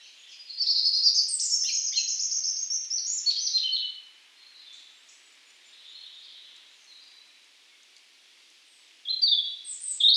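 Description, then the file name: European robin delivering a three-second phrase of high, fluty, rapidly changing notes, a long quiet gap, then a new sparkling phrase begins. "Erithacus rubecula"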